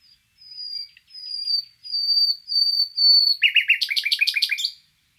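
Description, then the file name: Common nightingale song: long pure whistled notes held on one pitch, then a sudden loud burst of fast rattling repeated chirps before ending. "Luscinia megarhynchos"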